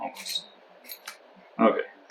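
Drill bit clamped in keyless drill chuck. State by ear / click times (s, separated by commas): not seated / none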